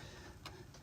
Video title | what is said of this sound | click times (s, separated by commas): 2007 Ford E-350 6.0L Diagnosis Part 2. Did I make the right call? | You hear that nice little click. | 0.5 s